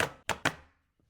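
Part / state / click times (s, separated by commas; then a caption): drawer front connector into drawer side slot / seated / 0.3 s. A drawer front with its connectors lined up in the side slots of a SlimFIT soft-close drawer gets a firm push. Three sharp, knocking impacts sound at 0.0, 0.3 and 0.5 seconds, each ringing out briefly, followed by a faint tap near 1.0 second. The front clicks into place on the drawer at 0.3 seconds and is seated.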